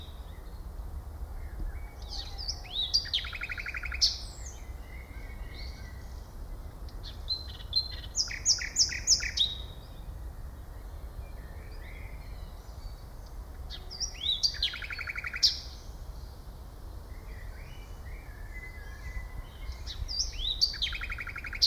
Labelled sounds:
Common Nightingale (Luscinia megarhynchos)
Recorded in the wild
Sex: male
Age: adult
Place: Schloßpark Niederschönhausen, Berlin, DE
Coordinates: 52.53, 13.41
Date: 1995-05-25 19:32
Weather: heiter, 23°C
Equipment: Marantz CP 430, Sennheiser ME 80, Kopie Uher 4000 Report Monitor
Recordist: Tembrock, Günter
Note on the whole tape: Gesang (sehr gut)

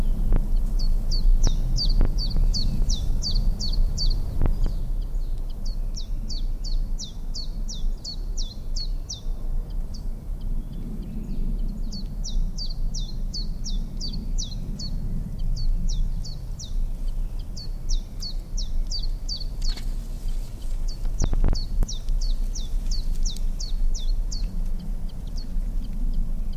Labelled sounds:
Common Chiffchaff (Phylloscopus collybita) song
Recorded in the wild
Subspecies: collybita
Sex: male
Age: adult
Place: Spitzberg, Tübingen, Baden-Württemberg, DE
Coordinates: 48.5167, 9.01667
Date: 1969-04-21 12:00
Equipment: Nagra III PH, MKH 805, LGS26
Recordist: Faber, A., Nedo and Schneider, H.-J
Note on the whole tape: Testaufnahmen mit MKH 805. MaAs: R.V

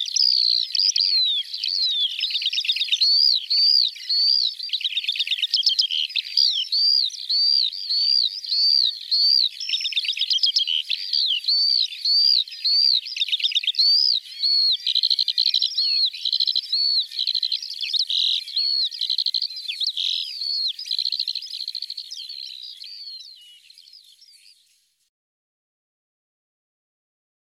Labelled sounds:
Eurasian Skylark (Alauda arvensis) song
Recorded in the wild
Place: Waltershofen / Freiburg im Breisgau, Baden-Württemberg, DE
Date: 1978-05-21
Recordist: Schwarz, Dieter

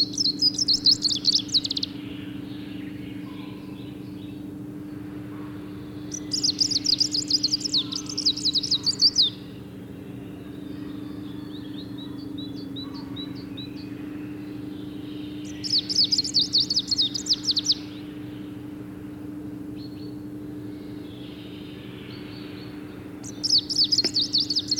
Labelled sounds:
Greenish Warbler (Phylloscopus trochiloides) song
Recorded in the wild
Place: Sassnitz, Insel Rügen, Mecklenburg-Vorpommern, DE
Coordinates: 54.565, 13.615
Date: 1978-05-31
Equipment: Nagra III BH, Sennheiser MD 21, parabola
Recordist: Schubert, Michael
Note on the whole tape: Spontangesang Grüner Laubsänger lauter werdendes Schiffsgeräusch

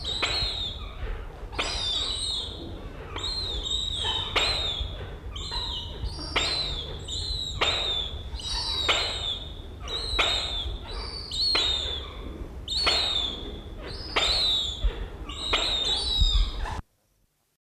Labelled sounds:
European Herring Gull (Larus argentatus) call
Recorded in captivity
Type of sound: call
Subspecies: argentatus
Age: juvenile
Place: Zoo Osnabrück
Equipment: Halbspur, 9,5 cm/s
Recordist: Lütgens, Hans
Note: Gruppe dreiwöchiger

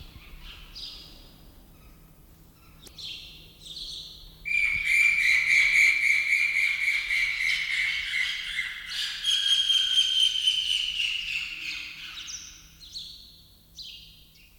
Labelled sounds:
Rufous Hornero (Furnarius rufus) call
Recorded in captivity
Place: Zoo Berlin, Berlin, DE
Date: 1996-03-23 10:53
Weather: heiter, 4°C
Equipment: Sony WM-D6C, Sennheiser ME 80, Kopie Uher 4000 Report Monitor
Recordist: Tembrock, Günter

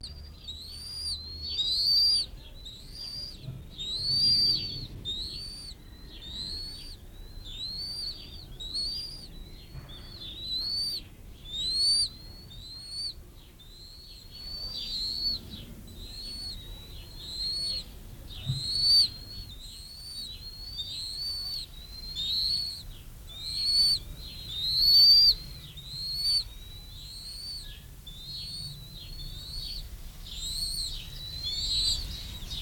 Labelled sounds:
Bald Eagle (Haliaeetus leucocephalus)
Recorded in captivity
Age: juvenile
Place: Zoo Berlin, Berlin, DE
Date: 1993-06-05 10:04
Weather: 20-25 °C, sonnig
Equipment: Marantz CP 430, Sennheiser ME 80, Kopie Uher Variocord 263
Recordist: Tembrock, Günter

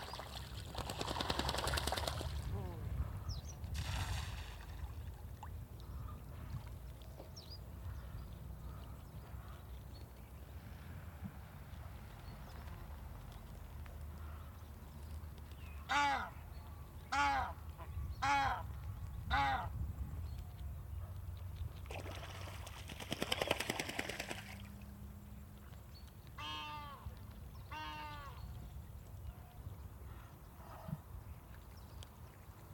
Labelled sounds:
Mallard (Anas platyrhynchos)
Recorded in the wild
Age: adult
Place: Altmörbitz, Talsperre Schömbach, Saxonia, DE
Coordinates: 50.992, 12.5744
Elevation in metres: 195
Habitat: lake
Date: 2024-07-27 13:30
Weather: 20-25°C, cloudy
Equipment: Sound Devices MixPre6, Sennheiser MKH8060
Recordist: Frommolt, Karl-Heinz

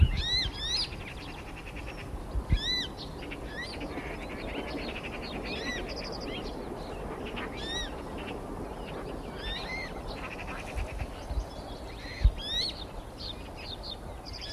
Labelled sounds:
Western Marsh Harrier (Circus aeruginosus) call
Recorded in the wild
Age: juvenile
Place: Karower Teiche, Naturpark Barnim, Berlin, DE
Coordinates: 52.6222, 13.4597
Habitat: pond
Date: 1989-07-05 20:15
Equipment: Riporter 6 RG-K, Sennheiser MKH 416 T, Original, Halbspur
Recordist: Frommolt, Karl-Heinz

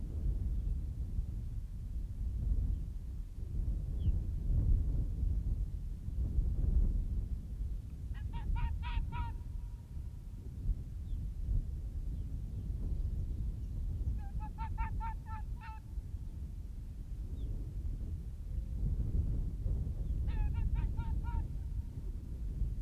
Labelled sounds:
Arctic Fox (Vulpes lagopus) barking
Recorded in the wild
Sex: male
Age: adult
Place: Insel Mednyi, Kommandeur-Inseln, RU
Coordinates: 54.5167, 168.083
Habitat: tundra
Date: 1999-07-20 20:58
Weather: fair, no clouds, 10°C, weak westerly winds
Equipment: Sony TCD-D8, Sennheiser MKH 70, Windkorb
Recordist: Frommolt, Karl-Heinz

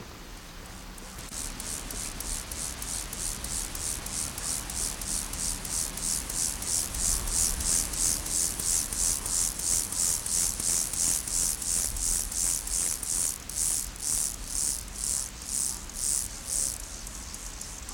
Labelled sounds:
Meadow Grasshopper (Chorthippus parallelus) stridulation
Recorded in the wild
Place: Blankenfelde, Tegeler Fließ, Berlin, DE
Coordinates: 52.625, 13.404
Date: 1992-08-16 11:20
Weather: sonnig - wolkig, 17-22°C
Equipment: Marantz CP 430, Sennheiser ME 80, Kopie Tesla B 116
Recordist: Tembrock, Günter

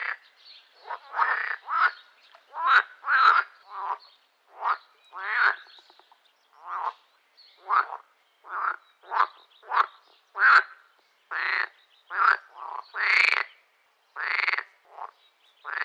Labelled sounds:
Edible Frog (Pelophylax esculentus)
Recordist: Tembrock, Günter

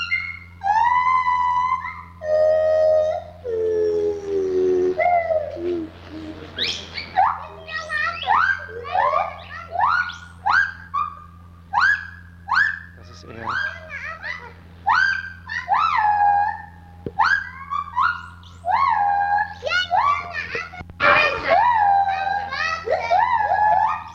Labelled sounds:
Lar Gibbon (Hylobates lar)
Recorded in captivity
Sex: group
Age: diverse
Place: Zoo Berlin, Berlin, DE
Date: 1985-07-12
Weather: sonnig, 22 °C
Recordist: Tembrock, Günter

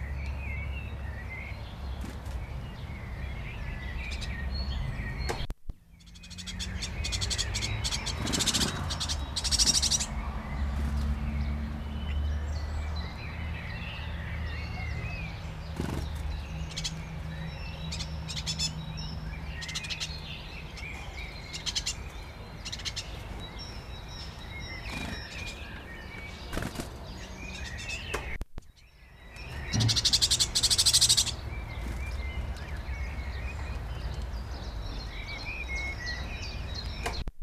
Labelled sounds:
Great Tit (Parus major) begging call
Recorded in the wild
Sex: pair
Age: adult
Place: Kaiserslautern, Rheinland-Pfalz, DE
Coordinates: 49.4247, 7.77889
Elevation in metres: 279
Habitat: garden
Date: 1986-05-08
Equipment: Nagra IV, Sennheiser MKH 405
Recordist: Tretzel, Erwin

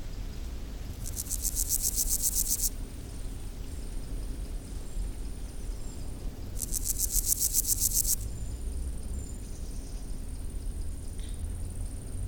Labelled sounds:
Meadow Grasshopper (Chorthippus parallelus) stridulation
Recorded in the wild
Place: Hakenfelde, Spandauer Forst, Berlin, DE
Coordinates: 52.58, 13.17
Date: 1996-08-18 16:54
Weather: sonnig, 24°C
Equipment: Sony MD-WM MZ-R3, Sennheiser ME 80, Kopie Uher 4000 Report Monitor
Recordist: Tembrock, Günter
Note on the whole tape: C.p.(?) oder C.montanus: Stridulation

